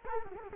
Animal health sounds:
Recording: mosquito wingbeat signal from an infrared sensor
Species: Culex quinquefasciatus

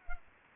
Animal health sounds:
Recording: mosquito wingbeat signal from an infrared sensor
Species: Culex pipiens

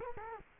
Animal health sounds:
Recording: mosquito wingbeat signal from an infrared sensor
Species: Culex quinquefasciatus

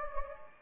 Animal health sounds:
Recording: mosquito wingbeat signal from an infrared sensor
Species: Anopheles gambiae

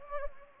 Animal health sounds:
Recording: mosquito wingbeat signal from an infrared sensor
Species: Anopheles gambiae

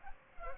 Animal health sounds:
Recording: mosquito wingbeat signal from an infrared sensor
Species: Culex pipiens

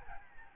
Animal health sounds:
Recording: mosquito wingbeat signal from an infrared sensor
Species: Aedes albopictus

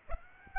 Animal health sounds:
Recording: mosquito wingbeat signal from an infrared sensor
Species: Aedes aegypti

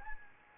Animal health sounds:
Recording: mosquito wingbeat signal from an infrared sensor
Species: Anopheles gambiae

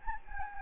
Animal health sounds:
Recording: mosquito wingbeat signal from an infrared sensor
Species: Anopheles gambiae

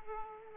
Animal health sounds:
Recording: mosquito wingbeat signal from an infrared sensor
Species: Aedes aegypti

